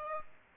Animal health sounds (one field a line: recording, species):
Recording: mosquito wingbeat signal from an infrared sensor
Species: Aedes aegypti